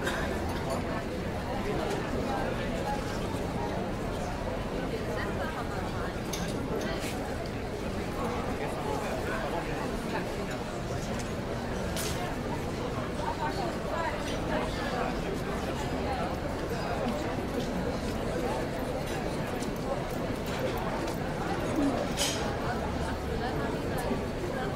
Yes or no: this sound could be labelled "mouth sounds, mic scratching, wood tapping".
no